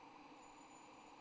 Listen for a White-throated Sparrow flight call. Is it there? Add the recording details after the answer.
no. No flight call is heard. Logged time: 05:56 on 25 November 2014